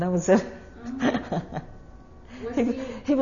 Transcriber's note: she laughs